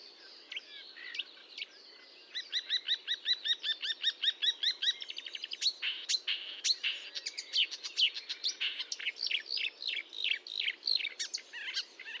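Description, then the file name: Marsh warbler song: a rapid string of evenly spaced, harmonic chirps, then a busier, varied chatter of buzzy and sharp notes continuing to the end. Recorded at Fontaine-Française (Fourneau), France, on 1 June 2022 at 10:55, with a Nagra recorder and Telinga microphone. "Rousserolle verderolle 20220601 1055 Fontaine-Francaise-Fourneau-Nagra-Telinga"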